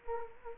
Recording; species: mosquito wingbeat signal from an infrared sensor; Culex quinquefasciatus